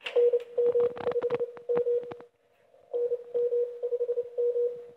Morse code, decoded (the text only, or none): NM5M NM5M